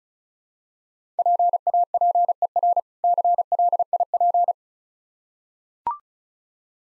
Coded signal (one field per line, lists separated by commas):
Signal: Morse code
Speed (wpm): 34 wpm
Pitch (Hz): 700 Hz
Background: none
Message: PAPER CLIP